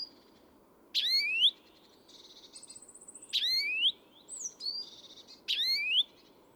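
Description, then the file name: European greenfinch calls: bright rising notes with sharp upward sweeps, given about every two seconds, mixed with thin high twitters over a steady low rushing background. "Chloris chloris"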